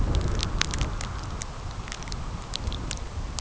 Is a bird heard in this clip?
no